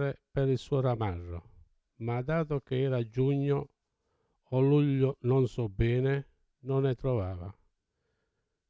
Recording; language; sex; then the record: read passage; Italian; male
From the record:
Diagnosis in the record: Parkinson's disease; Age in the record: 70 years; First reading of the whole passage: 68 s, 7.6 characters per second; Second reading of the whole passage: 61 s, 8.4 characters per second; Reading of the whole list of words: 64 s, 4.4 characters per second